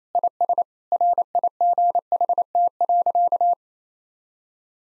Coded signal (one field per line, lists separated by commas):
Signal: Morse code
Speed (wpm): 27 wpm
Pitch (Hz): 700 Hz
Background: none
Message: IS RIGHT.